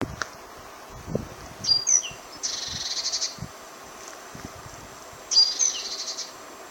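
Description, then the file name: Great tit giving a brief high whistle, then a harsh pulsed churr of about a second, repeated once more near the end, over quiet low rumbles. "Parus major"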